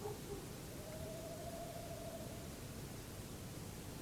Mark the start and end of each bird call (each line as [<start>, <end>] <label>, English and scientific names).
[0.70, 2.45] Tawny Owl (Strix aluco)